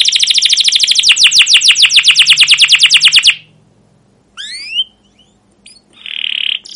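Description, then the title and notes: Canary delivering a fast trill of repeated falling chirps for about three seconds, then quiet with a couple of short upslurred notes and a brief buzz. Caged canary song used as a lure to stimulate and tutor young canaries learning sounds; style described as cuit cuit, ngerol, gacor panjang (long continuous rolling chirps). "CUIT CUIT NGEROL LANGSUNG GACOR PANJANG Kenari Ini AMPUH Utk Pancingan KENAR. PANCINGAN Kenari GACOR PANJANG Cuit CUIT EMOSI ini AMPUH utk MASTERAN Kenari PAUD belajar BUNYI. burung kenari"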